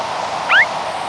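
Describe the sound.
Lark Bunting giving a single brief, upslurred note over steady background noise.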